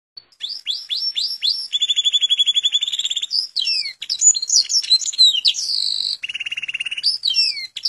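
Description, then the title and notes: Atlantic canary singing a lively medley of downslurred notes, rapid rattling trills and varied slurred notes. Canary used as a master bird for song tutoring. "Suara Burung Kenari Masteran. master suara burung kenari"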